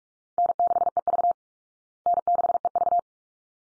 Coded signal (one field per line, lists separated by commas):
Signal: Morse code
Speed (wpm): 44 wpm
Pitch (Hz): 700 Hz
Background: none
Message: N6EV N6EV